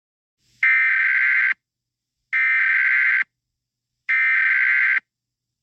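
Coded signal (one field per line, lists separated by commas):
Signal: Emergency Alert System (SAME) tones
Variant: header bursts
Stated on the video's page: Fictional scenario alert.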